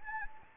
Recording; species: mosquito wingbeat signal from an infrared sensor; Anopheles gambiae